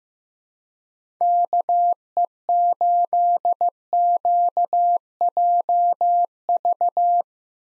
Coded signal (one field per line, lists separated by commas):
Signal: Morse code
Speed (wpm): 15 wpm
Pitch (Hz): 700 Hz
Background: none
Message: KE8QJV